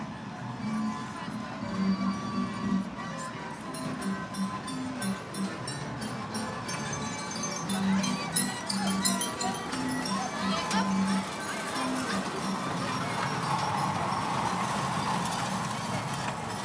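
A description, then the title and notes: Inside a boardwalk arcade, a dense, steady wash of machine tones, jingles and chiming bells rings over a murmur of voices. Short bright clicks and dings pop up throughout, and a rising electronic whine swells near the end over the constant crowd noise. Coney Island Boardwalk - Arcade II by Bandeto.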